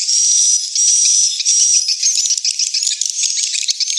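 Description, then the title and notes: Swiftlet calls: a thin, level whistled trill at first, then breaking into quick, rattling high chirps. Swiftlet house lure sounds, AKAU brand, Tien Giang, Vietnam. "Am thanh nha yen Akau Vietnam - Tien giang. Những âm thanh chim yến thuộc thương hiệu AKAU"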